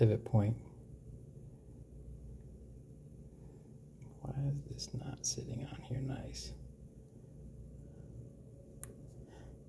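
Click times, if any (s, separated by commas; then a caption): 8.8 s. A plastic pivot cup is pressed onto a Hot Racing aluminum rear pivot block on a Mini-T 2.0 B2 RC mini truck while someone talks about it not sitting right. At 8.8 s a single sharp click is heard as the cup snaps into place and seats on the block.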